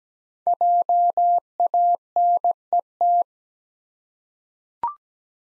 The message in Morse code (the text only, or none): JANET